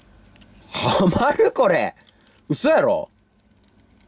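An oversized plastic ball joint is pressed into a smaller socket on a Bandai Ikimono Daizukan Kamakiri 02 capsule-toy mantis figure, and it snaps into place with a sharp click at 0.4 s. Someone then talks, followed by faint small ticks near the end. The ball joint is seated in the socket.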